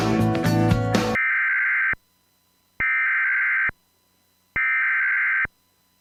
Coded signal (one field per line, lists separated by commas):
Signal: Emergency Alert System (SAME) tones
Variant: header bursts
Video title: EAS Destructive Severe Thunderstorm Warning for Southcentral Pennsylvania - June 6th, 2026 - WAHC TV